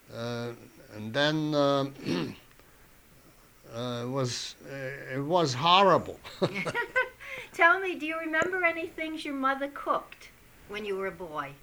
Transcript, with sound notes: And then, um, it was, it was horrible. ( they laugh )
Tell me, do you remember any things your mother cooked when you were a boy?